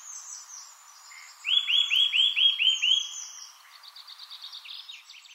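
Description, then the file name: Eurasian nuthatch giving a short burst of about seven piping whistles midway, amid continuous high, scratchy chirping. "Sitta europaea"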